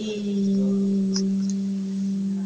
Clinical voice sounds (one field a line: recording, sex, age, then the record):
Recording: sustained vowel /i/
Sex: female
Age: 30 to 39 years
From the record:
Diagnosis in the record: amyotrophic lateral sclerosis, spinal onset 57 months earlier, no bulbar signs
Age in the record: 39 years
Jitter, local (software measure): 2.55%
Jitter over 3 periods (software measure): 1.54%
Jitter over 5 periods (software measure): 1.27%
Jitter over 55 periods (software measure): 3.01%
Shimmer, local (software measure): 7.9%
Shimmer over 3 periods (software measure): 4.5%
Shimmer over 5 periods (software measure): 4.6%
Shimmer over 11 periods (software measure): 5.8%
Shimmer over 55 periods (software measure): 8.6%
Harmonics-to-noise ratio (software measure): 20.7 dB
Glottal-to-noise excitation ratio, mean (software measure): 0.85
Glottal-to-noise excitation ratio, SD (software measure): 0.030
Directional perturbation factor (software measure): 74.8%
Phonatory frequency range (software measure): 1.12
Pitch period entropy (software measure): 3.15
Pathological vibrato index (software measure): 3.01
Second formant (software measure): 3165 Hz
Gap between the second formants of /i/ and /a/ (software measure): 1735 Hz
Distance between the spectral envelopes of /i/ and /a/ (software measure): 8.0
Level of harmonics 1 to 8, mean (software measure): -7.0, -26.1, -41.2, -53.0, -57.0, -56.0, -57.8, -58.2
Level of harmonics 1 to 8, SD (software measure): 7.8, 13.1, 7.6, 6.6, 6.2, 7.3, 6.8, 6.7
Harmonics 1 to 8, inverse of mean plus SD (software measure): 0.067, 0.026, 0.020, 0.017, 0.016, 0.016, 0.015, 0.015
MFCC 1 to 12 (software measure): -0.2, 12.3, -2.4, -4.3, -12.9, -10.0, -9.0, -9.2, -11.3, -11.0, -11.5, -8.4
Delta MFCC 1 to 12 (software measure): 0.015, -0.021, 0.069, 0.008, 0.033, 0.009, -0.034, -0.032, -0.056, -0.003, 0.019, 0.005